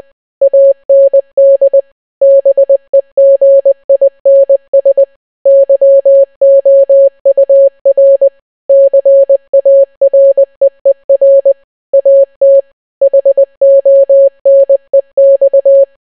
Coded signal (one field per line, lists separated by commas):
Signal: Morse code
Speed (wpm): 20 wpm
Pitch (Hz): 550 Hz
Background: none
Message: AND BEGINS YOUR CAREER AT HONEX